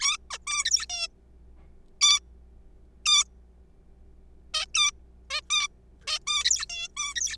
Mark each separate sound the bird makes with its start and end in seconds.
0.01-0.17, 0.30-0.38, 0.47-0.65, 0.65-0.86, 0.90-1.08, 2.01-2.19, 3.06-3.23, 4.54-4.65, 4.75-4.91, 5.30-5.40, 5.50-5.67, 6.07-6.19, 6.27-6.66, 6.70-6.88, 6.97-7.14, 7.16-7.37